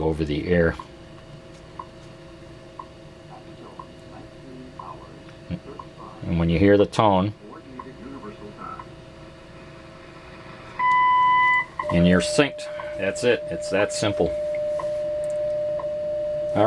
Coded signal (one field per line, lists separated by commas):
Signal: radio time signal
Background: speech